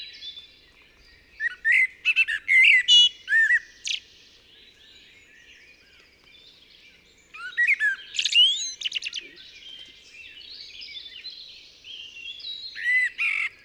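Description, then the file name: Eurasian blackbird singing two phrases several seconds apart. Each mixes mellow descending whistles with sharp, high, scratchy twitters, and quiet warbling follows. "Turdus merula"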